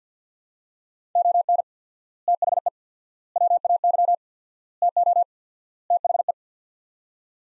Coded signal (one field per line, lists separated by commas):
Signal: Morse code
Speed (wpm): 49 wpm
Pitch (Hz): 700 Hz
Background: none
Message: ON THE WAY TO THE